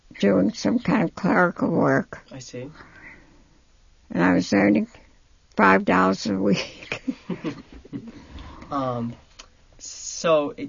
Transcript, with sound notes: doing some kind of clerical work and I was earning five dollars a week. (she laughs)
(he laughs) Uh, so,